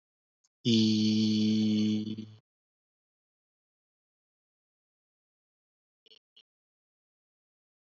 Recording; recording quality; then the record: sustained vowel as in beet; excellent, no background noise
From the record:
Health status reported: healthy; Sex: male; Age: 25 years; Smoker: yes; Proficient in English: yes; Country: India